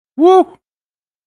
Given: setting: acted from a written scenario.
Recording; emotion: vocal sound without words; triumph